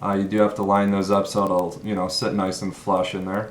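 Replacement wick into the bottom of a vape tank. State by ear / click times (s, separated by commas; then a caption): not seated / none. A replacement wick is handled at the bottom of a vape tank while someone talks, its two small flanges being lined up so it will sit flush in the tank base. No click is heard, and the wick has not yet been pressed in or seated.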